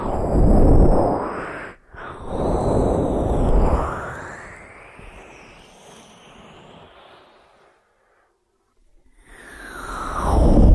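A 3D ear massage of soft rubbing and brushing swells and fades in waves. A brief pause comes near two seconds, then a long sweep thins out and drops to near silence around eight to nine seconds. The rubbing builds back strongly at the end.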